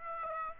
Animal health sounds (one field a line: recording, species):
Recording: mosquito wingbeat signal from an infrared sensor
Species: Aedes aegypti